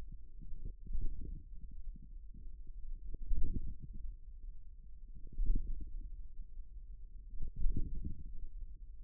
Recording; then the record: forearm muscle sounds (acoustic myography)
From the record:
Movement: radial deviation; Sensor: system 1, eight BSWA MPA416 microphones around the upper forearm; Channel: 8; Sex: male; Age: 41 years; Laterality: right